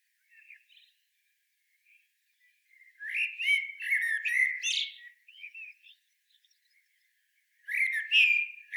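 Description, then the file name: Common blackbird song: a few soft notes, then a long rich fluted phrase with a sharp high twittering end, and another warbled phrase starting near the close. "Turdus merula"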